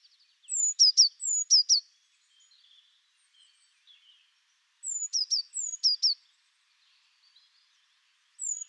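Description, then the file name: Eurasian blue tit singing short phrases: a high thin note followed by quick trilled notes, repeated in two bursts about four seconds apart, with a third burst starting at the end. "Cyanistes caeruleus"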